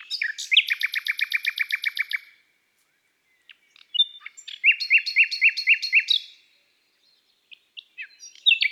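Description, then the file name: Common nightingale song with a quick train of repeated chirps, a silent gap, then a new phrase of evenly spaced sharp notes and scattered whistles. From an album of bird songs of woods and forests. "Rossignol philomele Chants doiseaux des bois et des forets"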